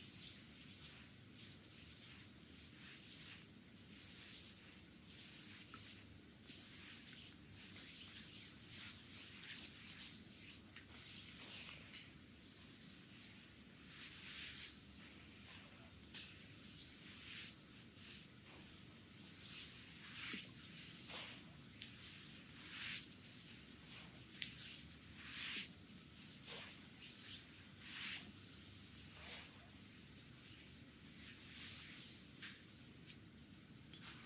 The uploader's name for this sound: Stomach massage (belly, front, abdominal) with oil